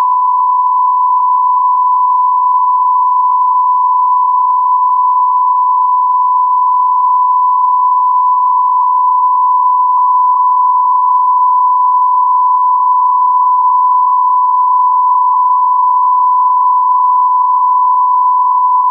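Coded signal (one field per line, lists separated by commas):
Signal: radio time signal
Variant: Beta, RJH77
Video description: 00:05 : Unmodulated carrier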